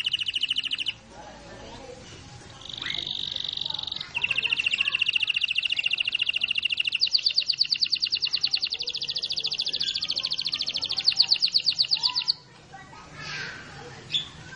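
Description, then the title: Canary song: several high trilled phrases separated by short gaps, including a long rapid roll lasting about five seconds, with faint background noise. Domestic canary singing long rolls; used for training other birds. "Master Burung Jos"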